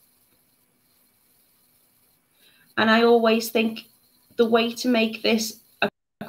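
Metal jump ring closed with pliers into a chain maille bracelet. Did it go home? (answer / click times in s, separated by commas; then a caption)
yes / 5.8 s. Someone talks while closing a metal jump ring with flat or chain nose pliers for a chain maille bracelet. At 5.8 s a short, sharp click is heard as the ring's two ends meet and the ring closes seated.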